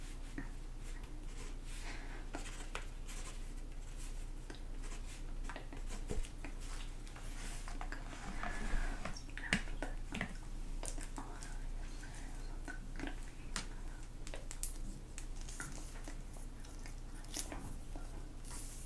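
Soft, barely audible whispering over a steady low hum, broken by frequent small clicks and rustles, with a slightly busier stretch around eight to ten seconds.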